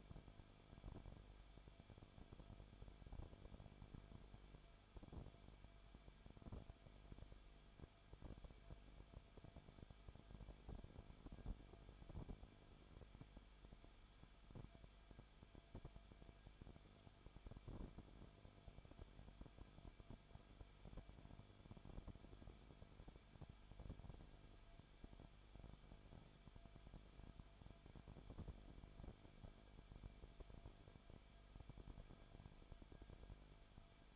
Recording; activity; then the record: daily activity, microphone in the room; no activity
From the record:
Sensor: 5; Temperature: 20.4 degrees Celsius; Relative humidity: 39.7%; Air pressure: 1010.8 hPa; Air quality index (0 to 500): 165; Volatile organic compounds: 15 ppm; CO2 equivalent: 2497 ppm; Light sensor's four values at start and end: 2/3/1/1 and 2/3/1/1